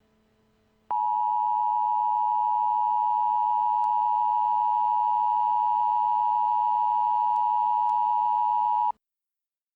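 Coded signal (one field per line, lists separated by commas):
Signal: Emergency Alert System (SAME) tones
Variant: 853 and 960 Hz attention tone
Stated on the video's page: Recreated tornado warning for Nashville based on real events.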